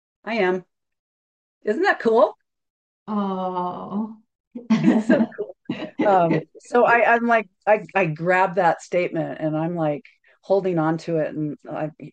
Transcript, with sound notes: "I am." Isn't that cool?
Oh. (laughs)
It's so cool. Um, so I, I'm like, I, I grabbed that statement and I'm, like, holding onto it,